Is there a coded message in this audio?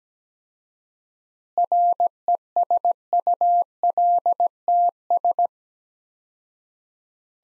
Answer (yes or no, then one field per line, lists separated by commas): yes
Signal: Morse code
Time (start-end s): 1.6-5.5 s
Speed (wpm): 17 wpm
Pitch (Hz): 700 Hz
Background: none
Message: RESULTS